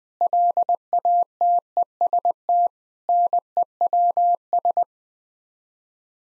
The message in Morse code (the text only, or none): LATEST NEWS